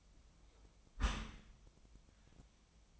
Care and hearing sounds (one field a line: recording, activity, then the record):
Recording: daily activity, microphone in the room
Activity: close dishwasher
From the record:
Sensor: 1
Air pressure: 1004.7 hPa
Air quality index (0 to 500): 118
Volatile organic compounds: 4 ppm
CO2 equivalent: 1632 ppm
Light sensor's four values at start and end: 9/22/8/9 and 9/22/8/9